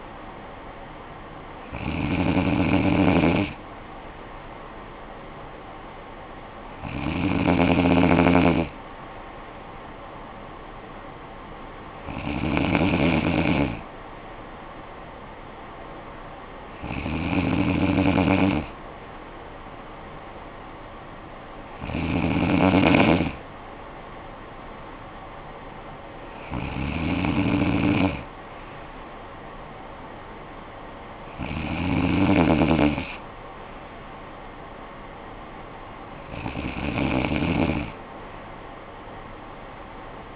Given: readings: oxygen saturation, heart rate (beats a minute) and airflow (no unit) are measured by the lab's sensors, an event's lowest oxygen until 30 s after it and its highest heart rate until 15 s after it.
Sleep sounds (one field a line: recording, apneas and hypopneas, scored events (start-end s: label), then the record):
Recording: breathing in sleep by a voice recorder at the bedside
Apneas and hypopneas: none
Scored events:
none scored
From the record:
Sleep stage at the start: N2 (light sleep)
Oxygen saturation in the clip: 94 to 95%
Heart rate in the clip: 48 to 59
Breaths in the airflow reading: 8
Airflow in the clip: -10.5 to 7.1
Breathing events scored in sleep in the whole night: 445 in 7.6 hours asleep